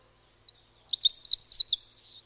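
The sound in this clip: European robin song, a thin, high warbling phrase of varied quick notes that rises in loudness and tumbles on for about two seconds.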